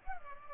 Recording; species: mosquito wingbeat signal from an infrared sensor; Culex pipiens